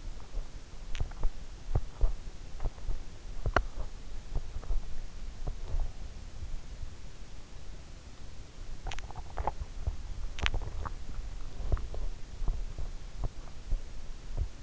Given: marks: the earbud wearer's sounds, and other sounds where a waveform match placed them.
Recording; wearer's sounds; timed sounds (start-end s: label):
sounds in sleep by an in-ear microphone; teeth grinding, swallowing
0.00-6.64 s: teeth grinding
9.58-11.08 s: swallowing
10.94-14.63 s: teeth grinding